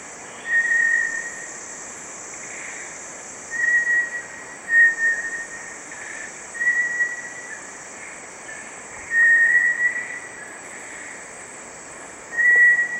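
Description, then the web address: Bartlett's tinamou song: short, clear whistles on one pitch, given singly or in close pairs every few seconds over a steady high hiss. Recorded in Ecuador. "S America Birds of Ecuador. Bartlett's Tinamou"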